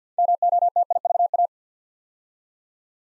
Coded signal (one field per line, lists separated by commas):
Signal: Morse code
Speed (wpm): 50 wpm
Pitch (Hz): 700 Hz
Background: none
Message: MOTIVA